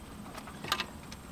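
A new quad lock harness connector is pressed into the back of the head unit while installing a BimmerTech 8.8" VividScreen in a BMW F30. A sharp snap at 0.7 s shows it seating, followed by a second click at 0.8 s and a fainter tick at 1.1 s against a quiet background. The connector is seated.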